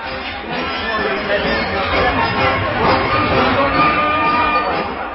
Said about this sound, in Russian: «Да здравствует король Эфраим!» — кричала толпа.